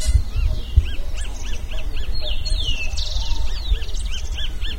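Birds calling, one giving short arched notes repeated many times, with other high chirps and sweeps over low background noise.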